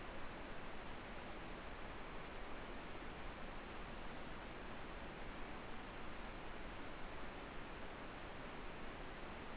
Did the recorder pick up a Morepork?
no